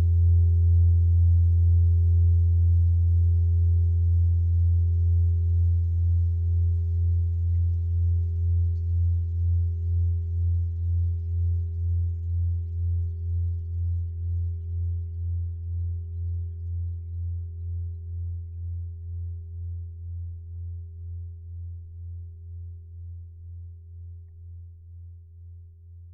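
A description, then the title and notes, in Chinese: A crystal bowl hums with a deep, steady low tone and faint higher rings, pulsing gently as it slowly fades over the whole clip. 水晶钵音乐。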